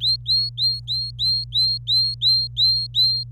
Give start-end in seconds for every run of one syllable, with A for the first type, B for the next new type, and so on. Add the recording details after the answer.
0.00-3.23 A. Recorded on 25 April 2018 at 16:41. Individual llb3